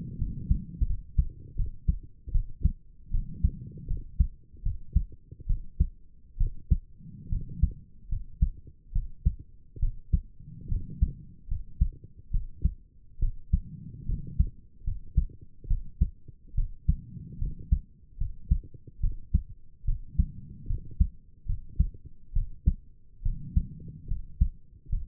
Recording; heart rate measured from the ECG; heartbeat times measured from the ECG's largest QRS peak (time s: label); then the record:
heart sounds by stethoscope; 73 bpm
0.18 s: heartbeat
0.86 s: heartbeat
1.55 s: heartbeat
2.31 s: heartbeat
3.11 s: heartbeat
3.87 s: heartbeat
4.62 s: heartbeat
5.46 s: heartbeat
6.37 s: heartbeat
7.29 s: heartbeat
8.08 s: heartbeat
8.92 s: heartbeat
9.79 s: heartbeat
10.68 s: heartbeat
11.48 s: heartbeat
12.30 s: heartbeat
13.19 s: heartbeat
14.06 s: heartbeat
14.84 s: heartbeat
15.67 s: heartbeat
16.54 s: heartbeat
17.38 s: heartbeat
18.17 s: heartbeat
19.00 s: heartbeat
19.85 s: heartbeat
20.66 s: heartbeat
21.46 s: heartbeat
22.33 s: heartbeat
23.22 s: heartbeat
24.07 s: heartbeat
24.89 s: heartbeat
From the record:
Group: healthy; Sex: female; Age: 22 years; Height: 154 cm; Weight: 58.7 kg